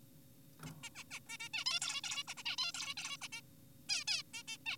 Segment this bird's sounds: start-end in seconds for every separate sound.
0.66-0.71, 0.83-0.89, 0.96-1.04, 1.11-1.19, 1.29-1.38, 1.40-1.49, 1.54-1.64, 1.66-1.80, 1.82-2.02, 2.04-2.24, 2.28-2.34, 2.38-2.43, 2.46-2.56, 2.58-2.72, 2.74-2.94, 2.97-3.17, 3.22-3.28, 3.32-3.41, 3.89-4.04, 4.08-4.23, 4.34-4.43, 4.48-4.57, 4.66-4.77